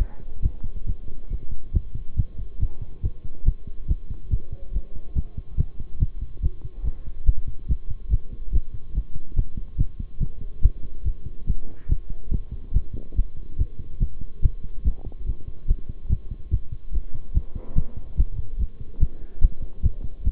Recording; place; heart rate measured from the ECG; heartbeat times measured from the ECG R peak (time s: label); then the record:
heart sounds by stethoscope; between the tricuspid and mitral areas; 142 bpm
0.42 s: heartbeat
0.86 s: heartbeat
1.30 s: heartbeat
1.74 s: heartbeat
2.17 s: heartbeat
2.60 s: heartbeat
3.03 s: heartbeat
3.45 s: heartbeat
3.88 s: heartbeat
4.31 s: heartbeat
4.73 s: heartbeat
5.15 s: heartbeat
5.58 s: heartbeat
6.00 s: heartbeat
6.42 s: heartbeat
6.84 s: heartbeat
7.26 s: heartbeat
7.68 s: heartbeat
8.10 s: heartbeat
8.53 s: heartbeat
8.95 s: heartbeat
9.36 s: heartbeat
9.78 s: heartbeat
10.20 s: heartbeat
10.63 s: heartbeat
11.05 s: heartbeat
11.47 s: heartbeat
11.89 s: heartbeat
12.31 s: heartbeat
12.74 s: heartbeat
13.16 s: heartbeat
13.58 s: heartbeat
14.00 s: heartbeat
14.42 s: heartbeat
14.84 s: heartbeat
15.26 s: heartbeat
15.68 s: heartbeat
16.09 s: heartbeat
16.51 s: heartbeat
16.93 s: heartbeat
17.34 s: heartbeat
17.76 s: heartbeat
18.17 s: heartbeat
18.59 s: heartbeat
19.00 s: heartbeat
19.41 s: heartbeat
19.83 s: heartbeat
20.24 s: heartbeat
From the record:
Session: bicycle stress test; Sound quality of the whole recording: good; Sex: male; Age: 23 years